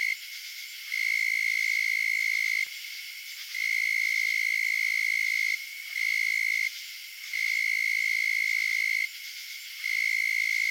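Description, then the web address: Narrow-winged tree cricket giving sustained, clear, high-pitched musical trills lasting up to about two seconds, broken by brief pauses. "Crickets and Katydids. Narrowwinged Tree Cricket, Oecanthus niveus"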